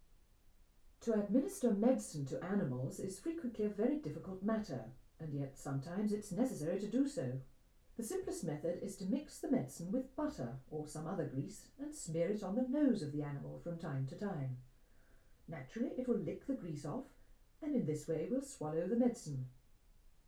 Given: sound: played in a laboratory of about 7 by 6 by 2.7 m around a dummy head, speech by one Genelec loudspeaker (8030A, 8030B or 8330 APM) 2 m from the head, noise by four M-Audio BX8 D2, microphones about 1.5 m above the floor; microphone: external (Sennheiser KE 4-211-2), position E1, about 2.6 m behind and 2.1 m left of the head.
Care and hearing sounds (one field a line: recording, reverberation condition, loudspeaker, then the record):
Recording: female speech in English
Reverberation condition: low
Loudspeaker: behind (180 degrees)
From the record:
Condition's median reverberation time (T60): about 310 ms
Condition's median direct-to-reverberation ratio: about 3.5 dB